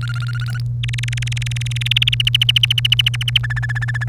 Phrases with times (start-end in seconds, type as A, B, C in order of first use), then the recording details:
0.01-0.60 A, 0.83-2.15 B, 2.20-3.38 C, 3.43-4.09 D. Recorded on 1 May 2018 at 08:29. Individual llb3